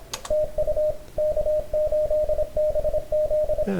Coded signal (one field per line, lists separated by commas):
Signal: Morse code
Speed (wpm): 25 wpm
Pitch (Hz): 610 Hz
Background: radio noise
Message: TU K8BZ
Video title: CW Ops Contest